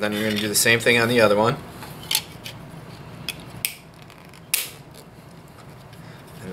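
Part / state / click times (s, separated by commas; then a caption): plastic axle adapter into the center hole of a CD wheel for a mousetrap car / seated / 3.6 s, 4.5 s. Someone talks, then a plastic axle adapter is pushed down into the center hole of a second CD wheel for a mousetrap car. Sharp snaps are heard at about 3.7 s and 4.6 s as the adapter seats in the CD hub.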